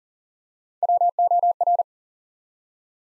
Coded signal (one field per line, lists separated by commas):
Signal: Morse code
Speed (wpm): 39 wpm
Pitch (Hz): 700 Hz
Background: none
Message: WOR